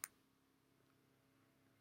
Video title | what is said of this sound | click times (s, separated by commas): GLOCK slide Full Assembly (G19Gen4) | you're going to push it till it clicks onto the extractor depressor like that | 0.0 s